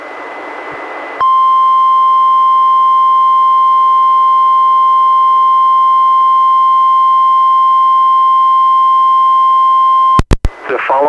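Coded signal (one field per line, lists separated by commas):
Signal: Emergency Alert System (SAME) tones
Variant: 1050 Hz attention tone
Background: speech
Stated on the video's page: NOAA Weather Radio relay of Special Marine Warnings and a Tornado Warning, recorded directly from a Reecom R-1630 weather radio through a Zoom H1, including its warning alarm tone.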